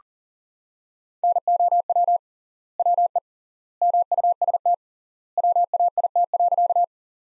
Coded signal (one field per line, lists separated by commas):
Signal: Morse code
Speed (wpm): 40 wpm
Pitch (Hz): 700 Hz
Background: none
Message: NOW WE MUST WAIT.